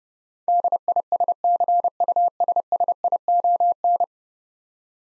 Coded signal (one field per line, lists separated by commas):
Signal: Morse code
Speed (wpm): 30 wpm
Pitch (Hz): 700 Hz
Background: none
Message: DISCUSSION